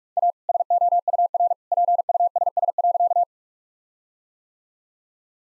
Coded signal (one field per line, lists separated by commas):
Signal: Morse code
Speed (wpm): 46 wpm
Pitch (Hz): 700 Hz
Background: none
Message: A SOUR PUSS.